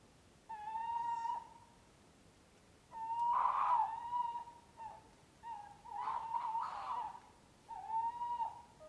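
Owl hoots repeated in several bursts, steady whistled notes, some breaking into louder, rough, wavering sections.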